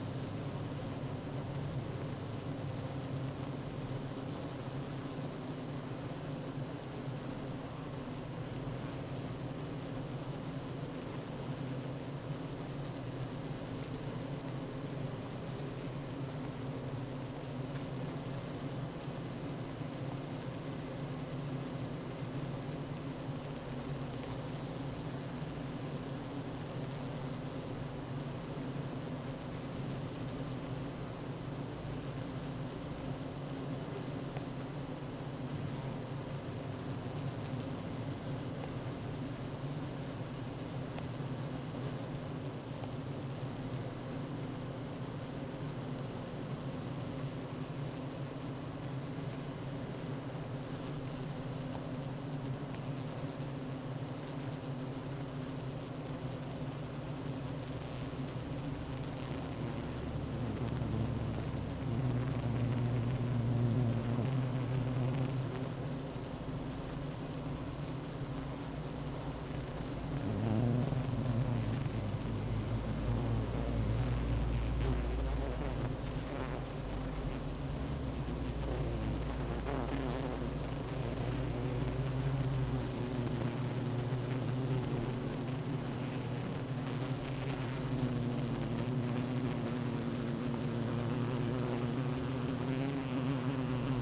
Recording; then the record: honeybee colony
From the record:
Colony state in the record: active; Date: 12 June 2018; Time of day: 9:54